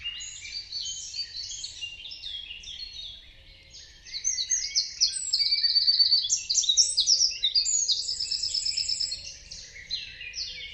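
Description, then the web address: Bird song: dense high chirps and trills, with faster rattling phrases building midway, then quieter scattered chirps, over a low rumble. "Deverinetal 2025. Bird Only"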